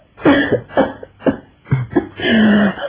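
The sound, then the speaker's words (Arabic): A woman coughs from the smoke of wet firewood: a string of about five harsh, hacking coughs in quick succession, ending in a longer, drawn-out raspy cough, loud and with no talking. “حطب كان مبلول ودخن خلاني كحيت.”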